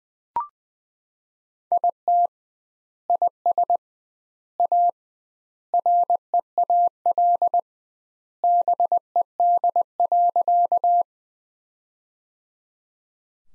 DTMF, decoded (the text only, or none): none